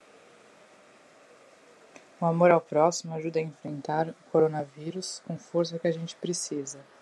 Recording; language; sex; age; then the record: spoken sentence; Brazilian Portuguese; female; 30 to 39 years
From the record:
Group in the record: control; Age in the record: 37 years